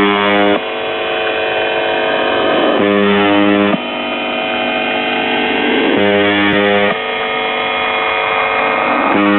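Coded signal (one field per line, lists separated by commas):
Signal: channel marker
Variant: UVB-76 (The Buzzer)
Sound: harsh, rough low buzz, repeating in roughly one-second bursts with slight tonal shifts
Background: radio static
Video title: UVB 76 4625 KHZ 40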